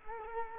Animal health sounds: mosquito wingbeat signal from an infrared sensor; Culex quinquefasciatus

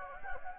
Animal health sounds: mosquito wingbeat signal from an infrared sensor; Anopheles gambiae

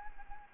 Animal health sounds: mosquito wingbeat signal from an infrared sensor; Anopheles gambiae

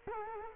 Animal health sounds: mosquito wingbeat signal from an infrared sensor; Culex quinquefasciatus

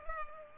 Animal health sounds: mosquito wingbeat signal from an infrared sensor; Culex pipiens

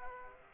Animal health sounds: mosquito wingbeat signal from an infrared sensor; Aedes aegypti

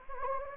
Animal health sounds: mosquito wingbeat signal from an infrared sensor; Anopheles gambiae

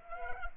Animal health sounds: mosquito wingbeat signal from an infrared sensor; Culex pipiens

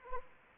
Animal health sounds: mosquito wingbeat signal from an infrared sensor; Anopheles arabiensis

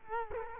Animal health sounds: mosquito wingbeat signal from an infrared sensor; Culex quinquefasciatus

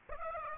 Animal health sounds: mosquito wingbeat signal from an infrared sensor; Aedes aegypti

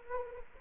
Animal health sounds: mosquito wingbeat signal from an infrared sensor; Anopheles arabiensis

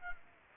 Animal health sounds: mosquito wingbeat signal from an infrared sensor; Aedes aegypti

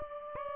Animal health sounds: mosquito wingbeat signal from an infrared sensor; Aedes aegypti

